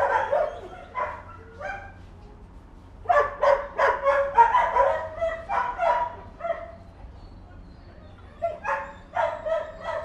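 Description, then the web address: Dogs barking in bursts: a few barks, a pause, a rapid run of barks lasting several seconds, quiet again, then more barks at the end. More than one dog barking. "Tom Hutchings Dogs Barking"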